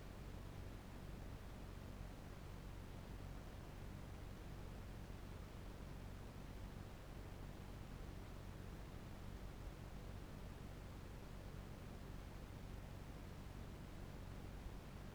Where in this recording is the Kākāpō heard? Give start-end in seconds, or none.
none